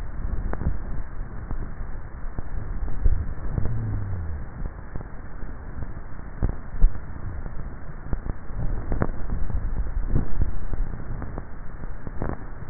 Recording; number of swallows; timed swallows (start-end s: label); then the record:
swallowing sounds by neck microphone; 3
0.52-1.08 s: swallow
2.95-3.72 s: swallow
10.32-10.72 s: swallow
From the record:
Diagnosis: dysphagia